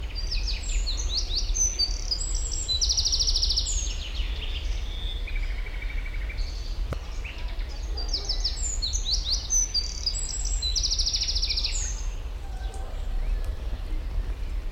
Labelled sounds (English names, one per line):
Eurasian Wren